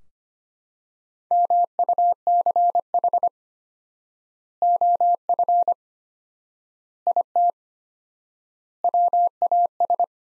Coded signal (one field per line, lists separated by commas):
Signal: Morse code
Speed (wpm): 25 wpm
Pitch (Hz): 700 Hz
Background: none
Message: MUCH OF IT WAS